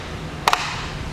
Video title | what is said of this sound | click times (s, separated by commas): etrailer - A Closer Look at the Thule UpRide Roof Bike Rack | click once you know it's tightened down | 0.5 s